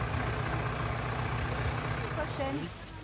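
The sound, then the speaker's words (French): A tractor engine idles with a steady, low rumbling drone that holds even throughout, and a brief murmur of voices rises over it near the end. “vient donner un coup de main avec son légendaire tracteur.”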